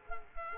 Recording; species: mosquito wingbeat signal from an infrared sensor; Culex quinquefasciatus